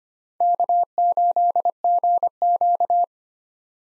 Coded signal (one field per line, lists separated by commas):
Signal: Morse code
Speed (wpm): 25 wpm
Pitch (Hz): 700 Hz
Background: none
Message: K8GQ